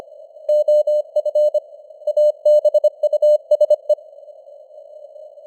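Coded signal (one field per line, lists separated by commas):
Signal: Morse code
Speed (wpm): 25 wpm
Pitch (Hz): 600 Hz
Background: none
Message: OF ABUSE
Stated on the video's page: 25 wpm Morse news headlines with simulated radio noise and varying signal strength (QSB), an experiment.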